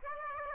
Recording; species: mosquito wingbeat signal from an infrared sensor; Aedes aegypti